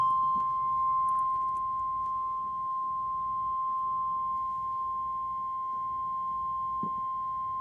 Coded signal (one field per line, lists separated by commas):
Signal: Emergency Alert System (SAME) tones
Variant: 1050 Hz attention tone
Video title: EAS Compilation: 4 T-Storm Watches/18 T-Storm Warnings | NOAA Weather Radio (4/12/2014)